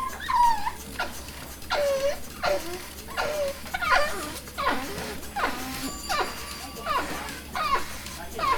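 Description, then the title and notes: Sheep bleating: many short descending calls in quick succession over a steady low hum. Field recording in a sheep fold at Gramaços, Oliveira do Hospital, during the daily milking of about 30 sheep. "ordenha (gramaços, oliveira do hospital). Ovelhas # 2 (Ordenha). gravacao de campo num redil de ovelhas, em gramacos, oliveira do hospital, aquando da ordenha diaria a cerca de 30 ovelhas"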